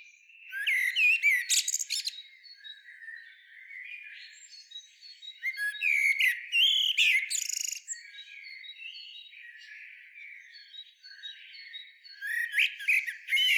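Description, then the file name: Common blackbird with three bouts of excited, squeaky twittering and sharp high notes, linked by softer drawn-out thin whistles. "Turdus merula"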